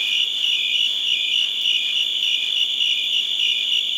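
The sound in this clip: Cricket chirping, rapid high pulses blending into a constant, even trill.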